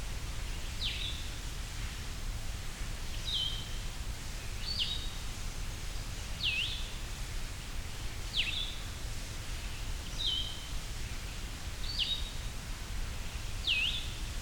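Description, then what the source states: Blue-headed Vireo singing: sweet, high, slurred phrases repeated roughly every two seconds, several in all, against constant rushing waterfall noise. Recorded at Hector Falls, Tionesta Scenic Area, Allegheny National Forest, by a small waterfall; song almost sounds like saying 'vireo', but in a much sweeter voice.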